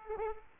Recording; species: mosquito wingbeat signal from an infrared sensor; Aedes aegypti